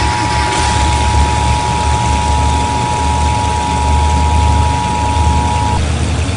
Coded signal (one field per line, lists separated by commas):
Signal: Emergency Alert System (SAME) tones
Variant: 853 and 960 Hz attention tone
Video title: EAS SCENARIO #39: CREEPER INVASION